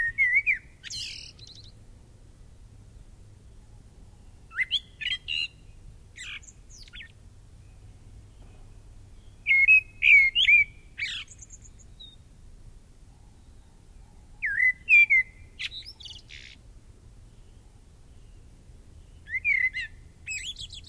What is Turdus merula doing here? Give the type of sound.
song